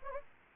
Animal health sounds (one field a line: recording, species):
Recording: mosquito wingbeat signal from an infrared sensor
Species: Anopheles arabiensis